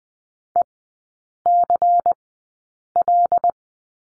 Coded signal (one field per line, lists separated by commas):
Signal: Morse code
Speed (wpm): 20 wpm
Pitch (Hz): 700 Hz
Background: none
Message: ECL